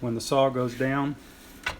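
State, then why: Not seated. On a DeWalt DWS715 miter saw, the saw head is lowered with the lock knob left in the wrong position, so the spring-loaded head lock pin heads back toward its locking hole in the saw arm, which is unwanted during use. Someone talks throughout, followed by a brief sharp sound near the end. The pin has not seated or clicked into place yet.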